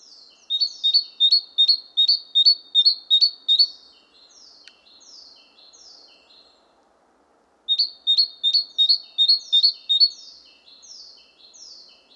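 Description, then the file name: Great tit calls: a quick run of sharp, ringing chinking notes, a pause, then softer down-slurred notes, and another fast burst of chinks after a silent gap. "Parus major"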